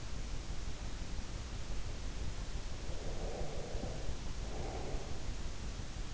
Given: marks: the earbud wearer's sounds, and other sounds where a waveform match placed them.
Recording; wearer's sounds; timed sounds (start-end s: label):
sounds in sleep by an in-ear microphone; breath
2.72-5.52 s: breath